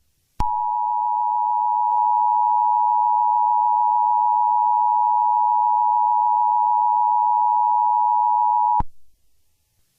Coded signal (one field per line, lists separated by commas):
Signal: Emergency Alert System (SAME) tones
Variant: 853 and 960 Hz attention tone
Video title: EAS Mock -- MA Amber Alert (video request from XAVI BONILLA)